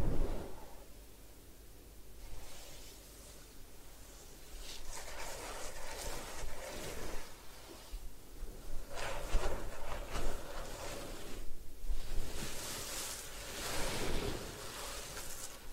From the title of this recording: Head Spa Hair Wash, Massage, Ear Cleaning